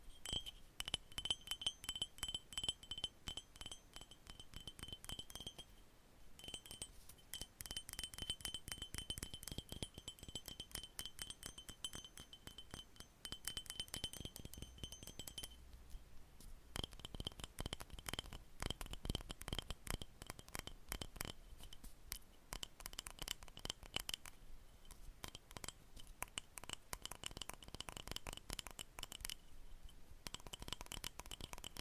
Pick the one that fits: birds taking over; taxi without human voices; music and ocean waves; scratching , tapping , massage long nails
scratching , tapping , massage long nails